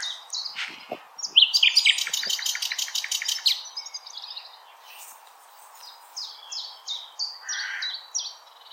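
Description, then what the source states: Common nightingale song with a powerful fast rattling trill, then a lull followed by a series of sharp repeated chips and a brief low whistle. Recorded on 16 April 2021.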